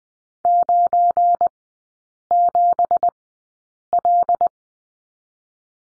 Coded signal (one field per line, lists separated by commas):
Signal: Morse code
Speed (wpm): 20 wpm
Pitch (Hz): 700 Hz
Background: none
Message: 97L